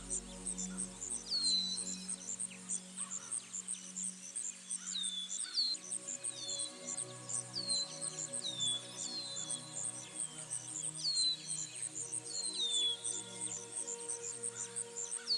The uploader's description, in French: la musique douce mêlée aux sons enchanteurs de la nature